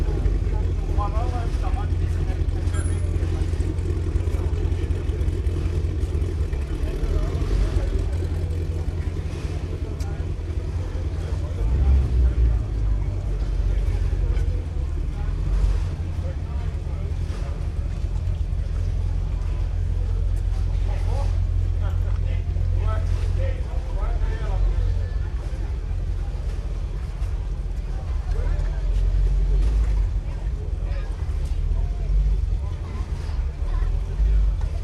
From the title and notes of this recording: Late afternoon at Nagu Strandvagen. On the water, all manner of motor launches, sail- and speedboats slide in and out of audible range. Recorded by Julian Weaver. Day trippers with dogs and ice-creams, amble past others enjoying early suppers in the waterfront restaurants.